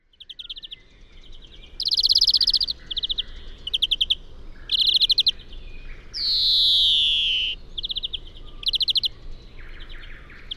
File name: Chloris chloris